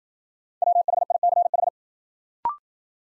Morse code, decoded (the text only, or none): WHICH